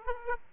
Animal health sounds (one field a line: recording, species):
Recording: mosquito wingbeat signal from an infrared sensor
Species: Aedes aegypti